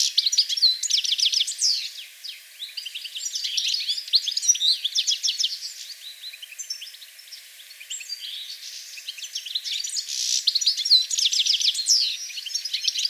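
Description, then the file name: European goldfinch twittering: fast liquid chirps and short buzzy trills come in bursts, fading in the middle and returning loudly near the end. "Carduelis carduelis"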